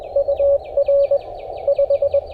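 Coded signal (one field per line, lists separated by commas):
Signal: Morse code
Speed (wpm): 20 wpm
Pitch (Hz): 560 Hz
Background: none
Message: UR 5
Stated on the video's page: CW Parks on the Air activation with FT-891 and Wolf River Coil antenna.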